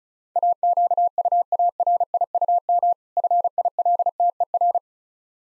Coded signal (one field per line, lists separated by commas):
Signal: Morse code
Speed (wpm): 36 wpm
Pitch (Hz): 700 Hz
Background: none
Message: AQUARIUM FILTER